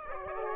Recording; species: mosquito wingbeat signal from an infrared sensor; Aedes aegypti